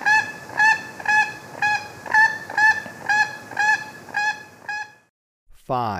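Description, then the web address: Plate-billed mountain toucan repeating a nasal, bleating call about twice a second for five seconds, then a pause and a quick sweeping sound at the end. Ecuador. "Birds of Ecuador. Plate-billed Mountain-Toucan"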